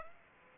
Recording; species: mosquito wingbeat signal from an infrared sensor; Aedes aegypti